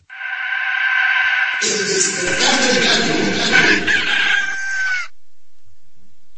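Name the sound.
rooster crowing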